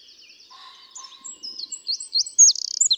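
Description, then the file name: Eurasian wren song building from faint high notes into loud chips and a fast trill at the end, with a soft lower whistle in the background. "Troglodytes troglodytes"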